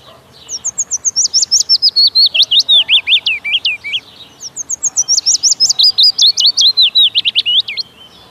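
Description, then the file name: Willow warbler singing two complete phrases, each a liquid run of quick whistled notes starting high and tumbling lower, separated by a short pause. "Piecuszek"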